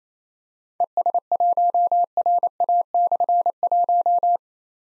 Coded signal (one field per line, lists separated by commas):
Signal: Morse code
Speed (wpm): 28 wpm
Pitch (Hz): 700 Hz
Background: none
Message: ES1RA/1